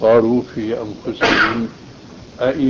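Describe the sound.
Speech breaks off for a single sharp, breathy sneeze, a short noisy burst, before the talking resumes.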